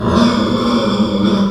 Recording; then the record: squeal of a Yucatan mini pig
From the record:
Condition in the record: after surgery on the right vocal fold (resection and tissue-engineered implant); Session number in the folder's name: 17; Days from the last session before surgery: 195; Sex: female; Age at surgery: 19 weeks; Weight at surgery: 25 kg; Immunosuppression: prednisolone